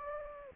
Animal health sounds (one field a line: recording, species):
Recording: mosquito wingbeat signal from an infrared sensor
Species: Anopheles gambiae